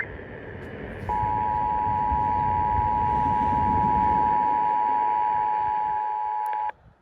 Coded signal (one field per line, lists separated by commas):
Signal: Emergency Alert System (SAME) tones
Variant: 853 and 960 Hz attention tone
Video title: Arizona New RMT Message & South Bay SVRs (EAS #24962-25037) 3/5/25